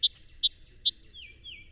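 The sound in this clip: Song Sparrow: end of a song, three high whistled notes each led by a short lower note, followed by soft descending slurred notes.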